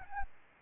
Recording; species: mosquito wingbeat signal from an infrared sensor; Aedes albopictus